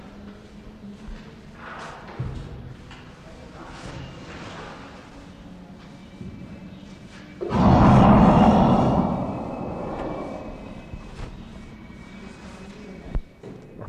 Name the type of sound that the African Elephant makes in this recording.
growling